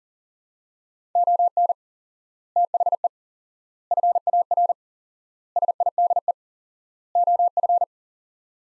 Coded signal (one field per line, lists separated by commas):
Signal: Morse code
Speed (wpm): 40 wpm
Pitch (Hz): 700 Hz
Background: none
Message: ON THE FAR SIDE OF